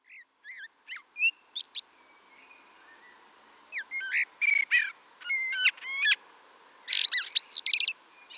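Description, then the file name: Common blackbird giving a run of thin, high chirps followed by denser squeaky twittering phrases with sharp upward and downward slides. "Turdus merula"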